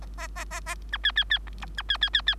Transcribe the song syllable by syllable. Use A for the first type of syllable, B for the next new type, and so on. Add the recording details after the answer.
A A A A A B C C C D B C C C C. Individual Bird3